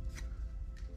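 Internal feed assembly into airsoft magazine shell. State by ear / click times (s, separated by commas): not seated / none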